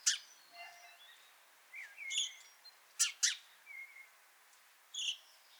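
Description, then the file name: House sparrow chirps, several short bright notes scattered over a few seconds against a faint hiss. "Passer domesticus"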